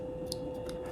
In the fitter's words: and i heard the click make sure that tab is down and locked in